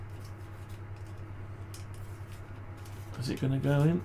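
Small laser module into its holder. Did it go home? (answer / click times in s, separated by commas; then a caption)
no / none. A small laser module is lined up against its holder before being pushed home, with only faint handling noise over a steady low hum and a brief soft tick near 1.7 s. Nothing has seated or clicked yet, and someone talks at the end.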